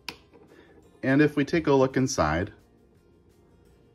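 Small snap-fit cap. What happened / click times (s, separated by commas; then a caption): The snap-fit cap clicked free / 0.1 s. A snap-fit cap is pulled off a Parker Classic fountain pen, away from the section, to begin disassembly with no tools. It releases with a sharp click at 0.1 s, and then someone talks from about 1.0 to 2.5 s.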